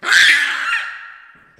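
Baboon call: a single loud, harsh, hoarse bark that trails off over about a second and a half.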